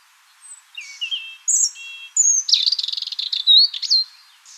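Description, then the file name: European robin song: scattered thin high whistles and short glides, then a fast rattling trill followed by a bright rising squeak, all in a single varied phrase. "Erithacus rubecula"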